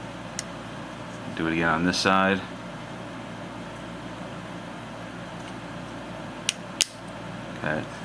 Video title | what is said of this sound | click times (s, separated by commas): Soundwave Xiaomi MIPAD Tablet Transformer - CollectionDX | clicks into place | 0.4 s